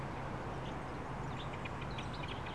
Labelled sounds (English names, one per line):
Common Blackbird